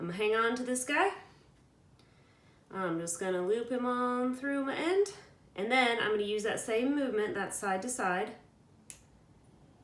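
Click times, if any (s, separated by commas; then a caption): 8.9 s. Someone talks while looping a small metal jump ring through a bracelet clasp and closing it with two pliers using a side-to-side motion. At 8.9 s a tiny, sharp click is heard as the ring's ends meet flush, and the jump ring is seated closed on the clasp.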